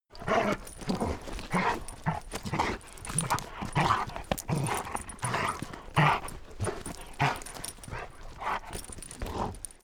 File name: labrador playing